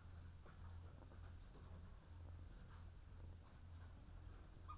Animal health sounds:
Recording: poultry house recording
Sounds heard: sick chickens (respiratory disease)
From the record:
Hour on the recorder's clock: 13

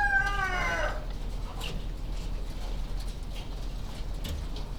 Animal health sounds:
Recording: poultry house recording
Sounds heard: healthy chickens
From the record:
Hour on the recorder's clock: 19

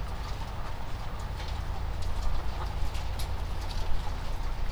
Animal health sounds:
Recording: poultry house recording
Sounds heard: sick chickens (respiratory disease)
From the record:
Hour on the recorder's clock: 19

